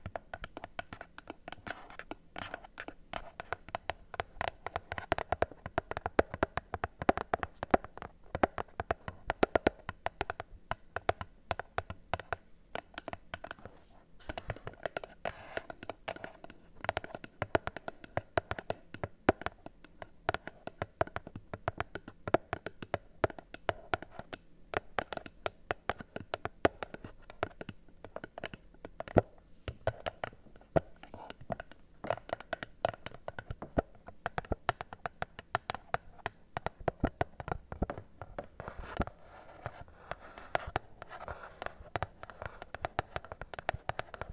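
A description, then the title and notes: Fingers tap on cardboard in a dense, uneven stream of short dull knocks that runs the whole 44 seconds without pause. The taps come fast and irregular, some louder than others. A faint steady hum sits underneath. ASMR Cardboard Taps! (No Talking).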